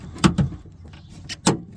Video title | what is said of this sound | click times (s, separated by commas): 2000 f250 extended cab door lock latch replacement | hear it pop in | 1.5 s